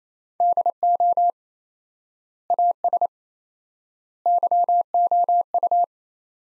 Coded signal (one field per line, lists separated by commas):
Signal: Morse code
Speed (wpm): 28 wpm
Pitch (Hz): 700 Hz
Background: none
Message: DO AS YOU